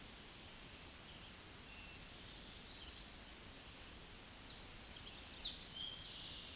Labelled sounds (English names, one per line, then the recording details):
Black-and-white Warbler song
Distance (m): 85 m
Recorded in a Pennsylvania forest on 19 May 2023 at 06:30
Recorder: AudioMoth, point grid1_33_low
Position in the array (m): 59 m, 221 m